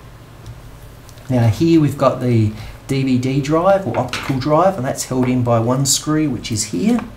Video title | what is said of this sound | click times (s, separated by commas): Toshiba Satellite C850D Disassembly | just slot it in and push it down till it clicks | 1.1 s